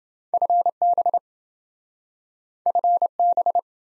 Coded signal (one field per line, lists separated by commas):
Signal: Morse code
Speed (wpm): 26 wpm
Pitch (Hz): 700 Hz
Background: none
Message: FB FB